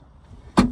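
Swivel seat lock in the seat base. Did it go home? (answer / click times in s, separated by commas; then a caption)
yes / 0.6 s. The swivel front seat of a VW Grand California 600, released by pulling the center lever toward the middle and turned to face the living area, locks into its rotated position in the seat base, which must happen before driving. After a low, quiet background, a sharp metallic knock rings out at 0.6 s with bright, broadband energy that fades over the next fraction of a second. The result is that the seat is locked in place.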